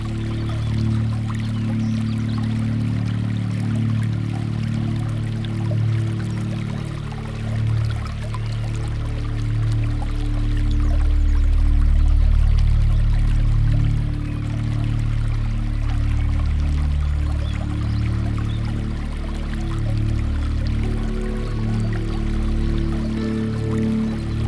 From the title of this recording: Water Running Through the Garden